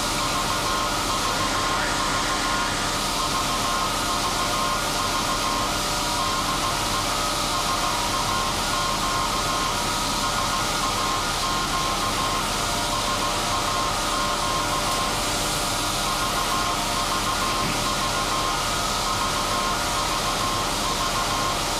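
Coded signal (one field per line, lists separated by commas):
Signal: Morse code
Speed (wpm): 16 wpm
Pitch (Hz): 1060 Hz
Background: none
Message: VVV VVV DE SAQ SAQ SAQ VVV VVV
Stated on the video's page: SAQ Grimeton Alexanderson alternator, electro-mechanical 200 kW transmitter on 17200 Hz, from a 1.6 m disc with 488 cut-outs spinning at 2115 rpm.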